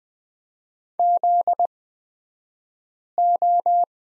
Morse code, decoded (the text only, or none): ZO